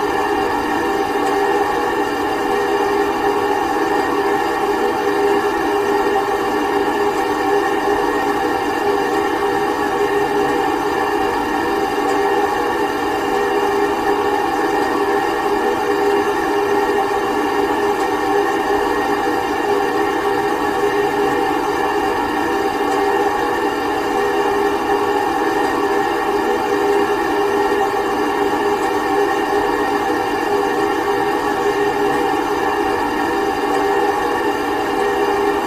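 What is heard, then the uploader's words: A radiator hisses without pause, a steady airy rush layered with several fixed whistling tones in the middle and upper range. The sound holds at one even level for the whole stretch, with no breaks or separate events. Hissing Radiator.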